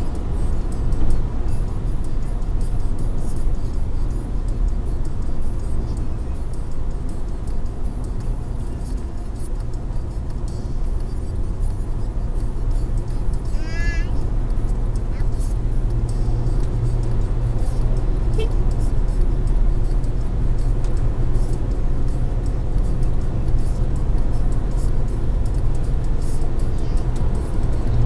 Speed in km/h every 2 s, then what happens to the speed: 119, 113, 110, 105, 102, 103, 107, 111, 116, 119, 123, 126, 129, 132.
0-9 slows to 102. 9-28 speeds up to 132.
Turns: none.